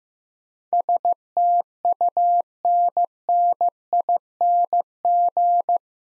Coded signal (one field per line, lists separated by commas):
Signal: Morse code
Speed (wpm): 15 wpm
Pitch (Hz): 700 Hz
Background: none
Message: STUNNING